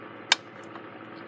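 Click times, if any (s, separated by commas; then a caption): 0.3 s. The plastic sliding door on a toy box car from a Lionel LionChief C&NW steam set (2017 Menard's exclusive) is slid shut. It gives one sharp, bright snap at 0.3 s over a steady low hum, and a faint tick follows at about 0.8 s. The snap means the door has locked in place.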